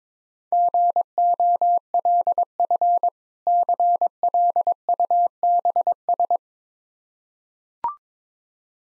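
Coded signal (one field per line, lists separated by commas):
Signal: Morse code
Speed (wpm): 21 wpm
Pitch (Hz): 700 Hz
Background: none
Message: GOLF CLUBS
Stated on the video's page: Morse code practice set at 22 wpm: difficult words sent with contextual hints for copying practice.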